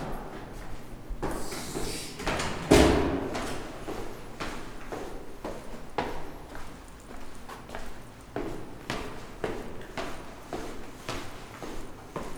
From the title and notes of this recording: A tall glass building at 150 Elgin. I like to spend time exploring the sounds of my workplace : it’s hums, clicks, resonances, voices, drones, rhythms, patterns, etc. This recording explores the spaces where people enter and exit the building.